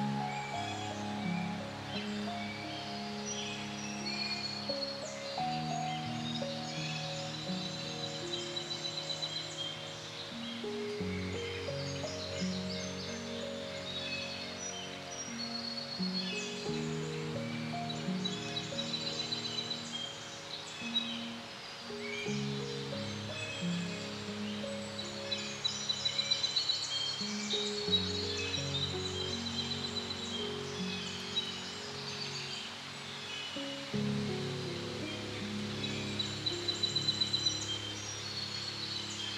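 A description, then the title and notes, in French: Soft music with sustained low chords that shift every five or six seconds plays over forest sounds. Bright, scattered bird chirps dot the upper range throughout, and a gentle wind-like hiss stays steady underneath at an even, moderate level. Une MUSIQUE Apaisante et le Son de la FORET. Doux chants d'oiseaux et au bruissement apaisant du vent en forêt. Les sons authentiques de la forêt sont entrelacés avec une musique douce.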